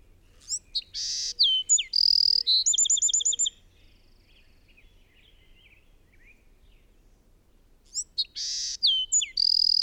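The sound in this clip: Bird singing a complex high phrase of whistles, buzzes and a rapid trill, then several seconds of quiet before the song starts again.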